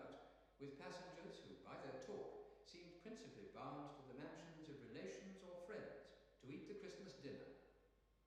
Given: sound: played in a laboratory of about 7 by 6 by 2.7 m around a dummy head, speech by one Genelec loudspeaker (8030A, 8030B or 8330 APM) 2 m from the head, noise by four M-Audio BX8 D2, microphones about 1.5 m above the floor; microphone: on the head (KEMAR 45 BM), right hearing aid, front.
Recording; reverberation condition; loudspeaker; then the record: male speech in English; high; in front (0 degrees)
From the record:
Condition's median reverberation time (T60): about 1300 ms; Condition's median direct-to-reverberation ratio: about -4.0 dB